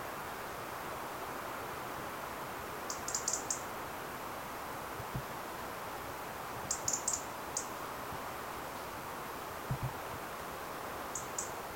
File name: Erithacus rubecula